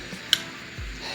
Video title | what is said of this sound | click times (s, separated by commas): SXS Blog Turned Me Into The Stig - Simpson Safety Components Initial Impressions | this center cam piece, all that you do, and if you listen, you hear that click. | 0.3 s